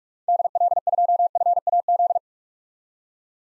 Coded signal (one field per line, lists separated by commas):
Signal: Morse code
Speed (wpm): 41 wpm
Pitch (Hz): 700 Hz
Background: none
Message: DL2FAZ